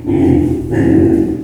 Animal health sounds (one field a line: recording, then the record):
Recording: squeal of a Yucatan mini pig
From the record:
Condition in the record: before surgery on the right vocal fold (resection and tissue-engineered implant)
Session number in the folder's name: 2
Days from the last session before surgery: -15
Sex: female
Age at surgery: 19 weeks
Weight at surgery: 25 kg